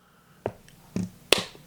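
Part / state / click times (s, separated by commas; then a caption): magnetic ring holder onto the back of a silicone phone case / seated / 1.3 s. A magnetic ring holder is brought up to the back of an ESR silicone soft case for an iPhone 16 Pro to test the strength of its MagSafe magnet. Two softer taps come at about 0.5 s and 1.0 s, then the holder attaches with a sharp, loud snap at 1.3 s. It is seated firmly in place.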